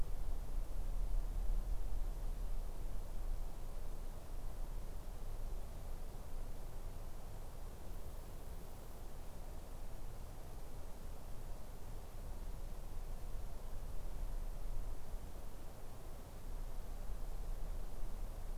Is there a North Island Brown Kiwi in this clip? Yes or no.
no